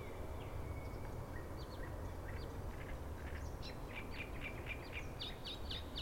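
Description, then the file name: Great reed warbler song with varied creaky chirps that build into a fast run of harsh, rising-and-falling notes, low rumbling noise throughout. "Acrocephalus arundinaceus - Great Reed Warbler"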